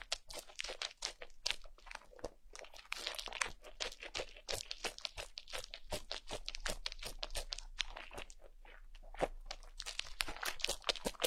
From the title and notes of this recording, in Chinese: 按摩耳朵，一些让人放松的声音。